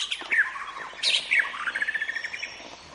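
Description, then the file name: White-rumped shama giving loud whistled notes followed by a quick descending series of repeated chips, with other birds chirping faintly behind. Forest. "suara muraibatu hutan omkicau"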